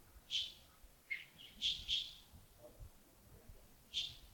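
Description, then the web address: Bird calls, short high chirps, some paired, spaced irregularly throughout over faint background hiss. Early morning at Yagongding, 28 December 2025, around 07:40. "2025-12-28 亚公顶清晨 251228 074040 birds"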